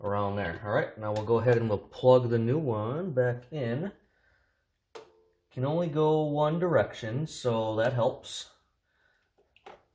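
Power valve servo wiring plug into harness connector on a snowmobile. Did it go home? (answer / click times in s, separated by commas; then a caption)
yes / 9.6 s, 9.7 s. A new power valve servo's plastic electrical plug is pushed into its mating harness connector on an Arctic Cat ZR 800 CCE snowmobile during preseason maintenance. Someone talks, and after a pause there is a brief handling sound around 5.0 s. Near the end, two small clicks at 9.6 s and 9.7 s mark the plug latching in and seating.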